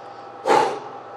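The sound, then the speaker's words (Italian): A single short puff of breath blown out, demonstrating Jesus breathing onto a man's face in a Gospel healing account, a soft breathy whoosh that swells quickly and fades within half a second. “Poi, guardando gli occhi il cielo, emise un sospiro, gli ha alitato in faccia, gli ha fatto...”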